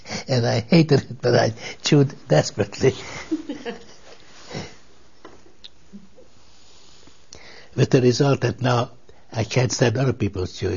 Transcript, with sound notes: And I hated it but I chewed desperately,, (they laugh) with the result that now, I can't stand other people's chewing gum.